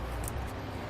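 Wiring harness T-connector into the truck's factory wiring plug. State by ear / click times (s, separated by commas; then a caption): not seated / none. The plastic end of a Curt 5th wheel wiring harness T-connector is handled and pushed toward the factory wiring plug of a 2016 Chevrolet Silverado 3500, over a steady low rumble with a brief sharp tick near 0.3 s. Nothing has seated or clicked yet; the clip ends before the connector snaps home.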